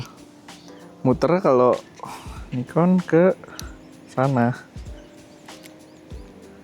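A 2x teleconverter is being handled and twisted toward a camera lens's metal Nikon-style bayonet mount while someone talks, with faint handling taps around 0.5 s and 5.5 s. Nothing has seated or clicked yet; the clip ends before the part goes home.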